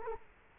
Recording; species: mosquito wingbeat signal from an infrared sensor; Culex quinquefasciatus